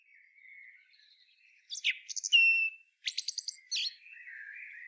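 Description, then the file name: Common blackbird's soft warbling interrupted by a few squeaky high notes, a held thin whistle, and a rapid stuttering twitter. "Turdus merula"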